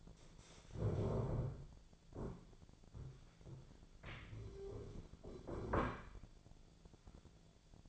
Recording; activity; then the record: daily activity, microphone in the room; stand up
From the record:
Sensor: 5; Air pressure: 1008.3 hPa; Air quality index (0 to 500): 152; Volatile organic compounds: 3 ppm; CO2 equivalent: 1465 ppm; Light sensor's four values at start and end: 61/169/66/66 and 61/170/66/67